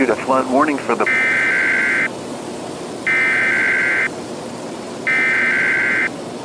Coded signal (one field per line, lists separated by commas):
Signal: Emergency Alert System (SAME) tones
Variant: header bursts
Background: speech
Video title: Dark Storm Redux (EAS Scenario)